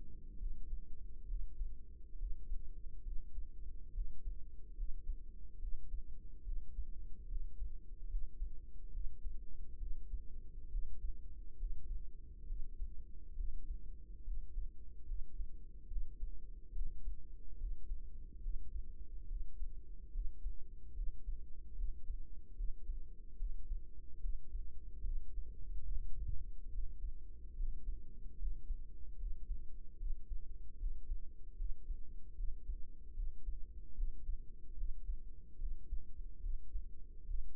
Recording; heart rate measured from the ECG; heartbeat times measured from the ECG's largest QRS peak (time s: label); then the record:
heart sounds by microphone in the right ear; 72 bpm
0.36 s: heartbeat
1.25 s: heartbeat
2.16 s: heartbeat
3.01 s: heartbeat
3.91 s: heartbeat
4.74 s: heartbeat
5.58 s: heartbeat
6.42 s: heartbeat
7.26 s: heartbeat
8.07 s: heartbeat
8.90 s: heartbeat
9.77 s: heartbeat
10.68 s: heartbeat
11.56 s: heartbeat
12.45 s: heartbeat
13.34 s: heartbeat
14.23 s: heartbeat
15.04 s: heartbeat
15.87 s: heartbeat
16.71 s: heartbeat
17.56 s: heartbeat
18.39 s: heartbeat
19.26 s: heartbeat
20.10 s: heartbeat
20.93 s: heartbeat
21.74 s: heartbeat
22.54 s: heartbeat
23.36 s: heartbeat
24.19 s: heartbeat
25.02 s: heartbeat
25.86 s: heartbeat
26.69 s: heartbeat
27.53 s: heartbeat
28.36 s: heartbeat
29.16 s: heartbeat
29.96 s: heartbeat
30.76 s: heartbeat
31.55 s: heartbeat
32.34 s: heartbeat
33.13 s: heartbeat
33.93 s: heartbeat
34.74 s: heartbeat
35.57 s: heartbeat
36.39 s: heartbeat
37.24 s: heartbeat
From the record:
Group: healthy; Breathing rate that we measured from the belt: 19 breaths a minute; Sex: male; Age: 35 years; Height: 178 cm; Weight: 64 kg